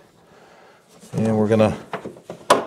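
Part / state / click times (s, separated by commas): top case locking onto its motorcycle rack mount / seated / 2.5 s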